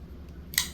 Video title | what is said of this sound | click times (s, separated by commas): Review: Benchmade Bugout | hear that snap. | 0.6 s